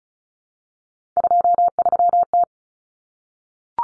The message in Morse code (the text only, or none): 23T